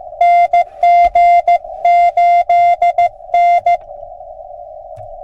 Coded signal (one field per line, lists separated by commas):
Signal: Morse code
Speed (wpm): 20 wpm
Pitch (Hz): 700 Hz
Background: none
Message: NG8N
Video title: POTA @ K-8843 PA State Gamelands #145 Feb. 3, 2024